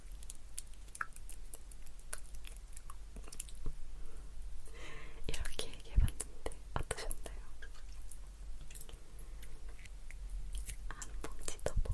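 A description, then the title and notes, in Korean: Popping candy being eaten, with dense irregular crackles and sharp clicks throughout, a soft wet chewing layer, and a louder pop near six seconds. 톡톡톡 팝핑캔디 eating sound. 이번에는 소니 핀마이크로 가져왔어요.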